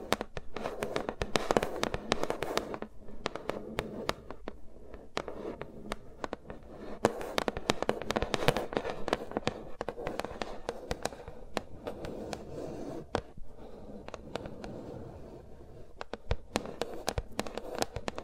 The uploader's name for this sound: ASMR with Mics Around My Fingers (No Talking)